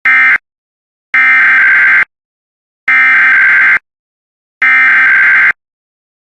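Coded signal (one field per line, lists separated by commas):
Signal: Emergency Alert System (SAME) tones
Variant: header bursts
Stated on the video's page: IPAWS weekly test alerts.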